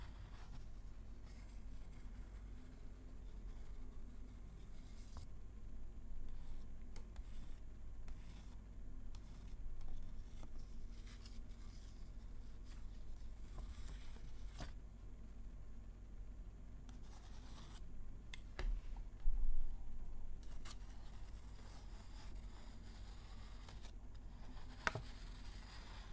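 Quiet paper folding and tapping, with scattered soft crinkles and sharp clicks over a steady low hum.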